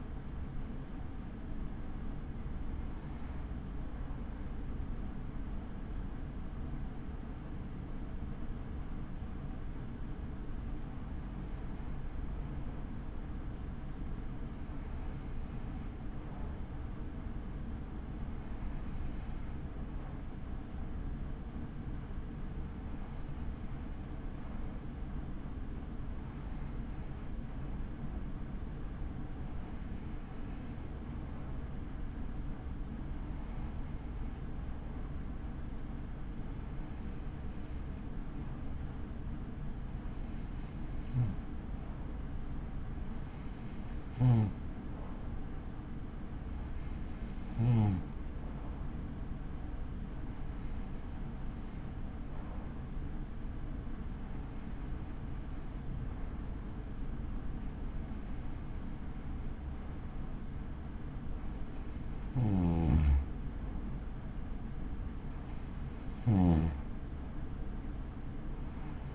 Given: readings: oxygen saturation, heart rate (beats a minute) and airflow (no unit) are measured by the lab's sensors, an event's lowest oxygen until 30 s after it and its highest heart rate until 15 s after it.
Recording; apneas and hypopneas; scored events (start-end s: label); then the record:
breathing in sleep by a smartphone at the bedside; 1
7.00-56.20 s: hypopnea (N2, oxygen 97% highest, then 93% lowest)
From the record:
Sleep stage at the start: N2 (light sleep); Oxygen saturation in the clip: 93 to 97%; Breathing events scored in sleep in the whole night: 83 in 6.1 hours asleep